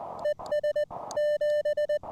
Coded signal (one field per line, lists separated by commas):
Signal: Morse code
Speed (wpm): 20 wpm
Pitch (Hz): 590 Hz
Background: none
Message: ES 7